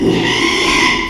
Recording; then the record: squeal of a Yucatan mini pig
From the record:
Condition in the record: after surgery on the right vocal fold (resection and tissue-engineered implant); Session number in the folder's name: 1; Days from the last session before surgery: 6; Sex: male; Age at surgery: 12 weeks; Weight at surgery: 13 kg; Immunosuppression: cyclosporine, prednisolone